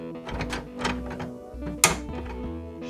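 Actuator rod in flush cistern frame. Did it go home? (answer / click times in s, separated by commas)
yes / 1.8 s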